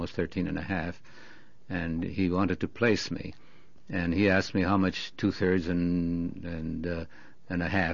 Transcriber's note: none